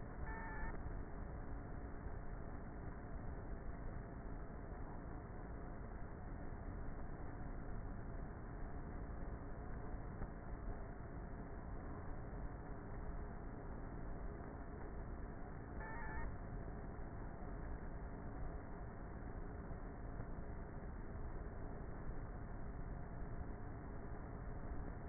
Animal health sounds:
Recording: honeybee colony, microphone inside the hive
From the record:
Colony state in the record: queenless with a low population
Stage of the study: before two queens were removed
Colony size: about 30,000 bees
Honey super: no

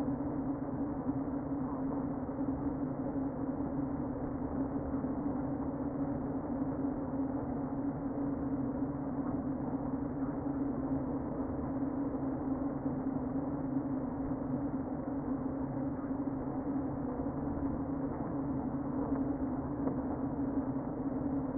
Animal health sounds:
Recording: honeybee colony, microphone inside the hive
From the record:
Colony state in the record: queen present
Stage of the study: before two queens were removed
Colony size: about 60,000 bees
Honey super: yes

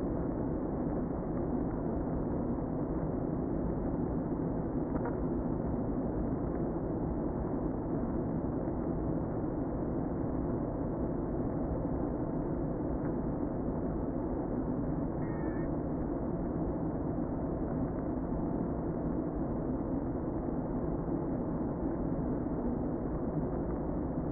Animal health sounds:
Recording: honeybee colony, microphone inside the hive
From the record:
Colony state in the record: queen present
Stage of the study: before two queens were removed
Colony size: about 60,000 bees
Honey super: yes

